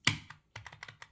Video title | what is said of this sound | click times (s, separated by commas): Easily fix a PS5 controller with sticky buttons! | You just line them up and press them down and they'll click into place. | 0.1 s, 0.6 s